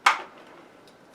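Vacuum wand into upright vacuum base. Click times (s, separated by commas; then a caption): 0.1 s. A Shark NV600 vacuum cleaner's wand is pushed back into the upright vacuum base's suction pod until it seats with one strong, sharp click at 0.1 s. The click rings out briefly and fades within about a quarter second, leaving low background noise with a couple of faint ticks near the end.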